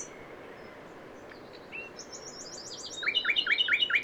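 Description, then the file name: Common nightingale starting quietly with thin high notes, then breaking into a loud series of repeated, slurred downward notes during the final second. "Luscinia megarhynchos"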